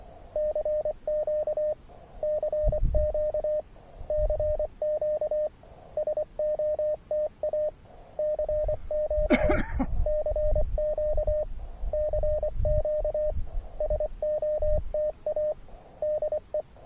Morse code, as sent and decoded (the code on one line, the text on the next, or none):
-.-. --.- / -.-. --.- / -.-. --.- / ... --- - .- / -.-. --.- / -.-. --.- / -.-. --.- / ... --- - .- / -.. .
CQ CQ CQ SOTA CQ CQ CQ SOTA DE